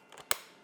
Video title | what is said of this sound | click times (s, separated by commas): Is the New $100 Cordless Polisher from VEVOR any good? - Budget Detail | clicks into place | 0.3 s